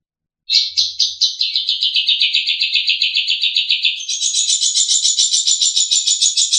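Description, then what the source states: Long-tailed shrike delivering a rapid, sustained trill that jumps to a higher, brighter trill partway through, continuing without pause. Known locally as cendet; a master song recording used for training songbirds.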